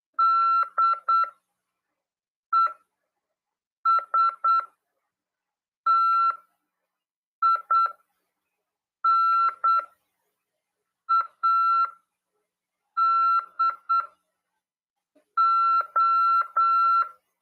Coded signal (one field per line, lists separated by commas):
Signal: Morse code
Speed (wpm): 8 wpm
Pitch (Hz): 1350 Hz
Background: none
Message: DESTINADO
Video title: RADIOAMADOR 1ªEd 14/12/2022 "AULA 45: CW, LEGIS e C.RODADA" FM 146.410 Mhz. PY2EXU PAULO CRASP/RAF.